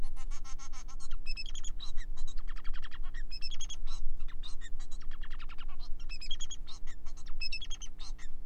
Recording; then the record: song of a male Bengalese finch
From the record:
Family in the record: son of father 4